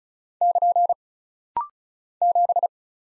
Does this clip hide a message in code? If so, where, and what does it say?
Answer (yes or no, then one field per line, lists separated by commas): yes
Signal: Morse code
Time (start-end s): 0.4-2.7 s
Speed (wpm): 36 wpm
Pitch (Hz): 700 Hz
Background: none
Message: <KN> 7